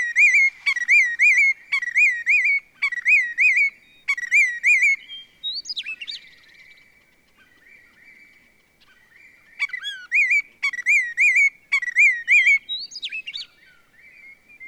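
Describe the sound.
Willet repeating rolling whistled phrases about once a second, breaking into a few sharp rising calls and a quiet pause before the phrases resume.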